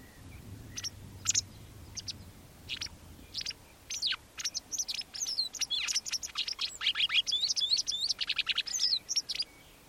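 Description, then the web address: Bird calls: high, sharp chirps and quick downslurred notes, scattered at first, then a dense overlapping chatter from several birds. "cianscape birddata Deverinetal 2025"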